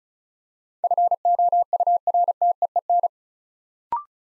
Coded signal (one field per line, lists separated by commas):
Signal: Morse code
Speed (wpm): 35 wpm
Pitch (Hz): 700 Hz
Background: none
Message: FOURTEEN